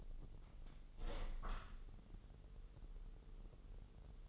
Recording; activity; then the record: daily activity, microphone in the room; open window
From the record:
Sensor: 4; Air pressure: 996.5 hPa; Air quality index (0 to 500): 84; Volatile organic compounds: 4 ppm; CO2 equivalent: 1614 ppm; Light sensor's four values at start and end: 19/53/20/22 and 20/53/21/22